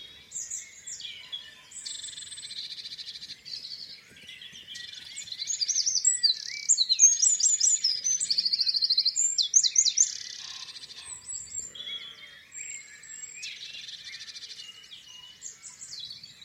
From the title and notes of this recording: Dawn chorus on the farm. Calm dawn chorus in British countryside. Recorded in Exmoor National Park with Sony PCM A10 and Clippy EM272 microphones.